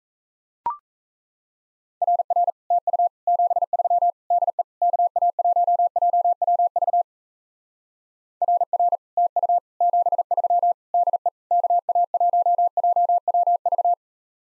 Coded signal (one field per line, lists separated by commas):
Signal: Morse code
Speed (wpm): 34 wpm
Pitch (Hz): 700 Hz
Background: none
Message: RR TU 73 DE KA1JWV RR TU 73 DE KA1JWV